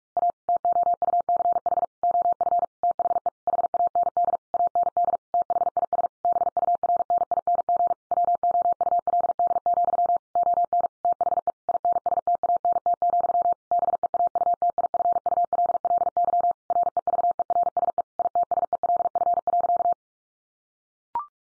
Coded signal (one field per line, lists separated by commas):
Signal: Morse code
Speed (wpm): 44 wpm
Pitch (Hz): 700 Hz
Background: none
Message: A TOUCH OF THE HAND AND THIS BURNING WOULD, ON THE INSTANT, BEAUTIFULLY REVERSE ITSELF.